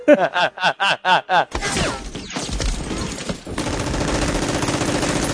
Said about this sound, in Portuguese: Sacou a arma e deu um tiro no Ferdinando e deu um tiro na esposa dele.